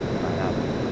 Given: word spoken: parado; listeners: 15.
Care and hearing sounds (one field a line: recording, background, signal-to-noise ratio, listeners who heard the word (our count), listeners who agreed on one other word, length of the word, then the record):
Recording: one Spanish word in noise, from a listening test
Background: speech-shaped noise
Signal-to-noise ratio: -6.1 dB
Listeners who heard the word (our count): 0 of 15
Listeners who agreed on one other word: 7 of 15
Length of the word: 0.52 s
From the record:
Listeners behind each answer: 7, 2, 1, 1, 1, 1, 1, 1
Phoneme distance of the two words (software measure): 35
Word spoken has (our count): 3 syllables, 6 phonemes, stress on syllable 2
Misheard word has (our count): 3 syllables, 7 phonemes, stress on syllable 2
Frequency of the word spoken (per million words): 13.61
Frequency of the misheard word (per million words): 151.35